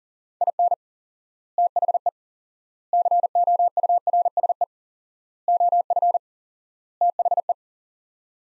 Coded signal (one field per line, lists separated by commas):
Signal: Morse code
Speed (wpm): 40 wpm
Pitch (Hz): 700 Hz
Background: none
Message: IN THE COURSE OF THE